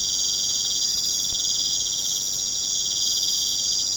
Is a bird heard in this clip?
no